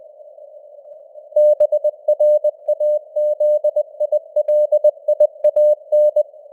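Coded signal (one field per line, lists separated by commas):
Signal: Morse code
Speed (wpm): 20 wpm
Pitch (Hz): 600 Hz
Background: none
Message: BRAZILIAN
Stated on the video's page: Simulated Morse news headlines at 20 wpm with simulated radio noise and varying signal strength (QSB).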